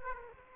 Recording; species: mosquito wingbeat signal from an infrared sensor; Aedes aegypti